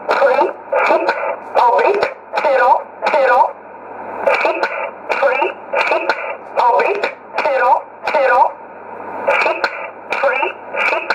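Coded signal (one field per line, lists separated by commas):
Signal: numbers station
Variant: E11, English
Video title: 14 09 2018 E11 Oblique Numbers station in English to Eu 0717 on 9963 unknown tx site in USB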